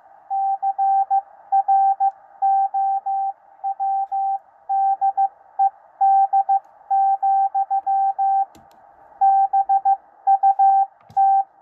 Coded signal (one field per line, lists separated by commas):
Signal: Morse code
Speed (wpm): 15 wpm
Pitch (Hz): 780 Hz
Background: radio noise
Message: CROWDED, BUT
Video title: 13 WPM CODE PRACTICE - W1AW